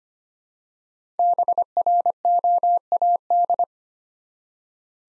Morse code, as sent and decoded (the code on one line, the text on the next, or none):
-... .-. --- .- -..
BROAD